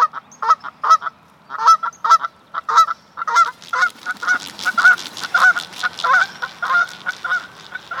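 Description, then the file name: Canada goose: a rapid series of nasal honks, growing denser and overlapping later. "Various Birds - Canada Goose"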